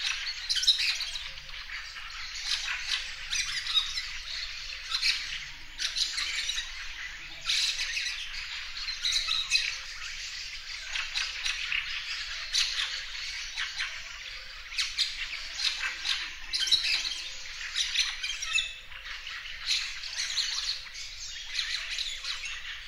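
A lakeshore forest waking on an early summer morning fills with a dense, unbroken bird chorus: overlapping chirps, trills and squawky calls, bright and busy, with louder bursts every few seconds. A faint low rumble runs steadily underneath throughout.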